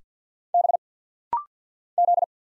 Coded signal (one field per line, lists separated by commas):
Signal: Morse code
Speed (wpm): 50 wpm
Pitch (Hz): 700 Hz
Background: none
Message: B Z